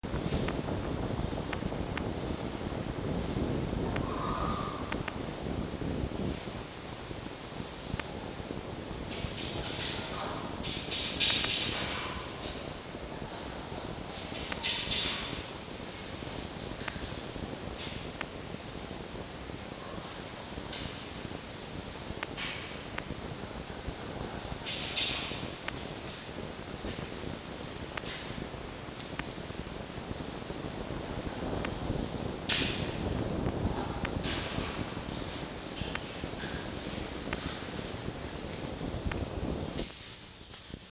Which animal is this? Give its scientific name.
Vulpes vulpes